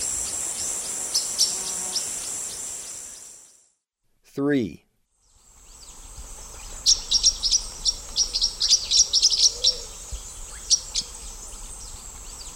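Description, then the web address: Blue-winged parrotlet calls: sharp, high chirps in irregular bursts. A steady high drone runs underneath, and a brief silent gap holds one sweeping, falling sound. South America, Eastern Lowlands. "Natures Songs S America Eastern Lowlands. Blue-winged Parrotlet"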